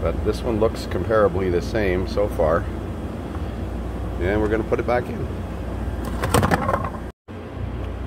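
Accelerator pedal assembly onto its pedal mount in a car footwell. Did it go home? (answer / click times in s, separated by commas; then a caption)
yes / 6.3 s, 6.5 s. A new accelerator pedal assembly is put back into a 2004 BMW 325xi, sliding over its pedal mount in the car footwell while someone talks. A burst of several quick plastic clicks follows as it snaps into place, with the seating clicks at 6.3 and 6.5 seconds. The pedal assembly ends up seated on its mount.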